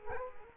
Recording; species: mosquito wingbeat signal from an infrared sensor; Culex quinquefasciatus